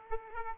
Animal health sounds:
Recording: mosquito wingbeat signal from an infrared sensor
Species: Aedes aegypti

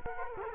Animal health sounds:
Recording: mosquito wingbeat signal from an infrared sensor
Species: Culex quinquefasciatus

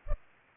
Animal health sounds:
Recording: mosquito wingbeat signal from an infrared sensor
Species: Culex pipiens

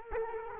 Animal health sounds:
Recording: mosquito wingbeat signal from an infrared sensor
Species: Culex quinquefasciatus

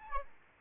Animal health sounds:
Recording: mosquito wingbeat signal from an infrared sensor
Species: Aedes albopictus

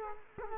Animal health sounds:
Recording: mosquito wingbeat signal from an infrared sensor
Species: Culex quinquefasciatus

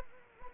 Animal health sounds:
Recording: mosquito wingbeat signal from an infrared sensor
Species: Anopheles gambiae

